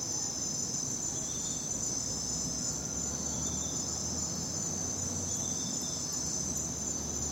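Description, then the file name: Crickets chirping in a steady, high, unbroken trill. At night. "night crickets and birds"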